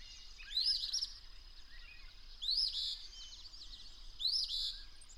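Bird delivering three rising whistled phrases with trilled ends, spaced nearly two seconds apart, while a continuous high whine and light rumble run underneath.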